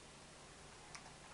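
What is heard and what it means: A plastic number-three guard is pushed onto a hair clipper blade over a steady background hiss. A short, sharp snap is heard at 0.9 s, showing the guard has seated securely on the clipper.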